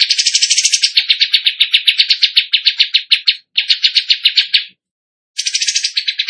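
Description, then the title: Bird singing a long, fast series of bright chipping notes, with higher trilled bursts, one brief pause and one longer pause. Tutor recording of a bird in full song, used for training other birds. "Masteran Burung Tembakan Gacor"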